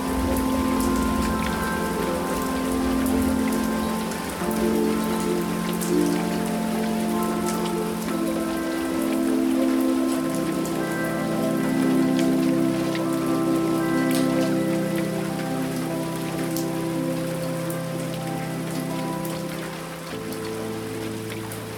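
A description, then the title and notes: Raindrops patter steadily on the roof, a dense, even spray of small taps with occasional sharper drips. Beneath the rain, low sustained tones hold and shift pitch every few seconds, like a soft droning melody, while the overall level stays fairly constant. Raindrops on the Roof.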